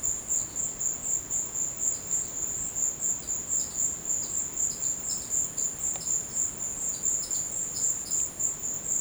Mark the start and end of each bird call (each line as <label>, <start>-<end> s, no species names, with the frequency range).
bird call (3.3-5.6 kHz), 3.32-8.21 s